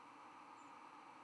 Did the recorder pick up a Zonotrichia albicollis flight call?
no